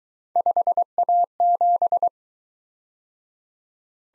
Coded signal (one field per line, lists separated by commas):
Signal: Morse code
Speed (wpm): 21 wpm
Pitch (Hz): 700 Hz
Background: none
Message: 5A7